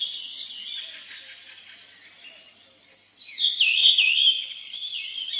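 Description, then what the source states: Redwing song: soft high twittering that fades, then a loud, rapid, squeaky chatter in the second half. Sings tirelessly in old parks and forest clearings; song opens with a loud whistled trill followed by quiet twittering.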